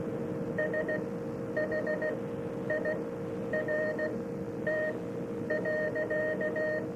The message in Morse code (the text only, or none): SHIRT.